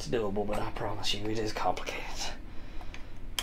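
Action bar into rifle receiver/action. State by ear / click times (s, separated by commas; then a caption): seated / 3.4 s. While reassembling a Remington 742 semi-automatic rifle, the metal action bar at the bottom is pushed into its seat in the receiver/action as someone talks. After a faint tick near 2.9 s, a sharp click at 3.4 s marks the action bar snapping into place, seated.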